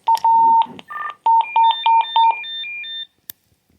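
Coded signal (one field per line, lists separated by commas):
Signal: radio ID data burst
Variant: Motorola MDC1200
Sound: steady tone, a short buzzy data chirp, then rapid repeating two-pitch alert beeps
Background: quiet room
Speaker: Emergency 309, which is this radio's ID, on channel 6, which is the channel I'm on.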